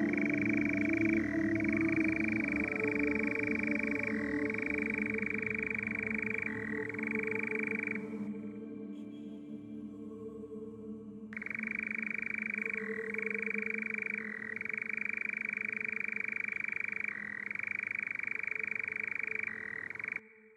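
A nightjar churrs, a dry, rapid, unbroken trill held for long stretches with brief wavering dips every couple of seconds. It stops around eight seconds, leaves a quieter gap of low rumbling background, then resumes near eleven seconds and runs almost to the end.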